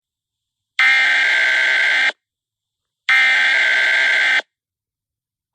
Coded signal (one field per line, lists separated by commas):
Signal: Emergency Alert System (SAME) tones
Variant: header bursts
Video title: EAS bullshit warning